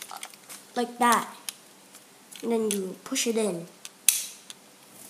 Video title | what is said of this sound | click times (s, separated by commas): B-182 Beyblade Dynamite battle entry set #unboxing | makes a click | 4.1 s